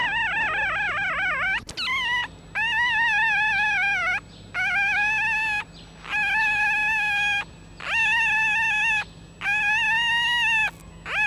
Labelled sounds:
Red Fox (Vulpes vulpes)
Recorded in captivity
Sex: diverse
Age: juvenile
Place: Zoologisches Institut der HUB, Berlin, DE
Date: 1956-04-30 13:00
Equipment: Elmetra
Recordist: Tembrock, Günter
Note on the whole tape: Molly-Welpen: Weibchen: Quärren mit Tremolo; Weibchen: Quärren mit scharfem Crescendo; Männchen: Quärren (leicht tremolierend) zweimal

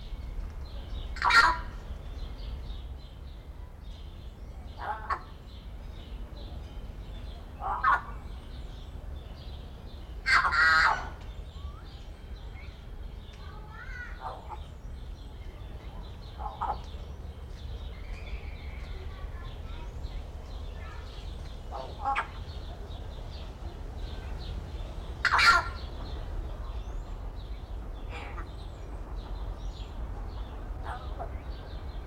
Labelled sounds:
Yellow-faced Myna (Mino dumontii) call
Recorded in captivity
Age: adult
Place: Zoo Berlin, Berlin, DE
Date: 1994-05-28 11:58
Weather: bedeckt, 12-15°C
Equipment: Marantz CP 430, Sennheiser ME 80, Kopie Uher Variocord 263
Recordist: Tembrock, Günter

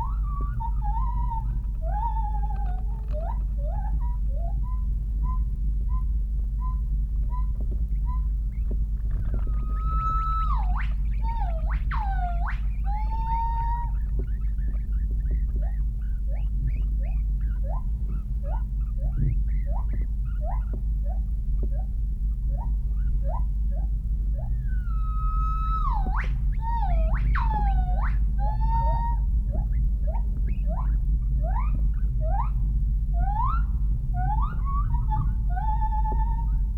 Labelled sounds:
Northern White-cheeked Gibbon (Nomascus leucogenys)
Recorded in captivity
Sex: diverse
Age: adult
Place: Tierpark Berlin, Berlin, DE
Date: 1980-10-11
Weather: sonnig, windstill, 5 - 8°C
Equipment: Nagra SN, Kopie Uher 4200
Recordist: Tembrock, Günter

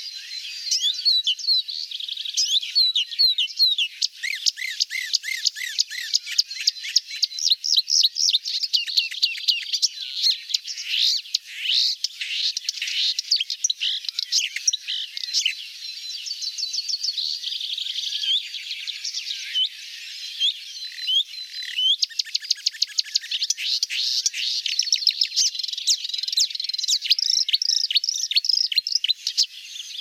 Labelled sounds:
Marsh Warbler (Acrocephalus palustris) song
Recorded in the wild
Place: Oberrotweil am Kaiserstuhl / Bickensohl, Baden-Württemberg, DE
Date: 1991-05-28
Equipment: Dat-Recorder Casio DA 7, Telinga M2, stereo, Telinga-Parabolspiegel
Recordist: Schwarz, Dieter

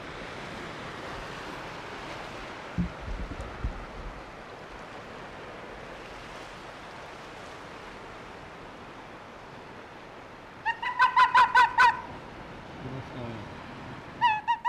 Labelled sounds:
Arctic Fox (Vulpes lagopus) barking
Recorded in the wild
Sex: male
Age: adult
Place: Insel Mednyi, Kommandeur-Inseln, RU
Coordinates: 54.5167, 168.083
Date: 1999-07-27 10:00
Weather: heiter, windstill, 9°C
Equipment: Sony WM-D6C, Sennheiser MKH 70, Windkorb, Kopie Tascam DA 30
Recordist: Frommolt, Karl-Heinz
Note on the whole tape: Nördlich Kap Dlinnyi: Bellstrophen von Polarfuchsrüden rechts Rot/Rot 40 an nördlicher Reviergrenze. Entfernung 10 m. Entfernt ist eine Antwort zu hören

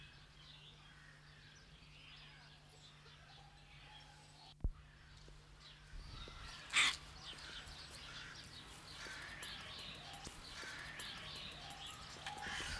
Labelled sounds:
Grey-winged Trumpeter (Psophia crepitans) call
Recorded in captivity
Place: Zoo Berlin, Berlin, DE
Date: 1995-02-25
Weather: wolkig, 3°C
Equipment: Marantz CP 430, Sennheiser ME 80, Kopie Uher Variocord 263
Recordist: Tembrock, Günter

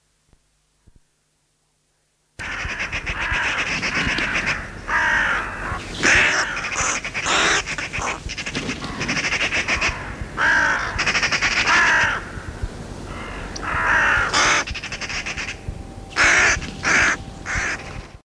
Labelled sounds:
Carrion Crow (Corvus corone) call
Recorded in captivity
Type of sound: call
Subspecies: corone
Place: Zoo Osnabrück, Niedersachsen, DE
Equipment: Halbspur, 9,5 cm/s
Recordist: Lütgens, Hans
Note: Alarm wegen Habicht, eine gegriffen

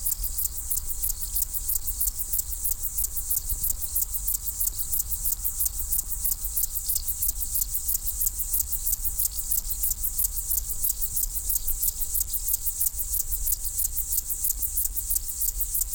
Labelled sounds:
Upland Field Grasshopper (Chorthippus apricarius)
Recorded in the wild
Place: Groß Schönebeck, Schorfheide, Brandenburg, DE
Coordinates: 52.91, 13.53
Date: 1996-08-02 15:47
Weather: heiter, 22°C
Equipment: Sony MD-WM MZ-R3, Sennheiser ME 80, Kopie Uher 4000 Report Monitor
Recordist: Tembrock, Günter

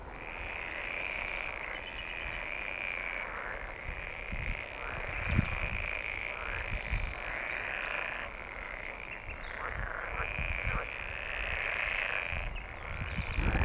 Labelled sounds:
Pool Frog (Pelophylax lessonae) call
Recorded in the wild
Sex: male
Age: adult
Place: Ahrensfelde, OT Blumberg, Barnim, Brandenburg, DE
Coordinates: 52.6039, 13.6258
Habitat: park
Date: 1972-05-09 14:30
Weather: Wassertemperatur: 20-23°C; Luft: 26°C
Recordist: Günther, Rainer

